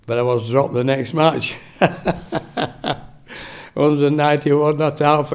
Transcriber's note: chuckles